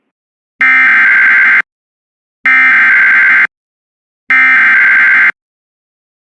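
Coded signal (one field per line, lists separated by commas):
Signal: Emergency Alert System (SAME) tones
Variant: header bursts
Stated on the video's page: EAS tones of a severe thunderstorm warning on an internet stream of WJON.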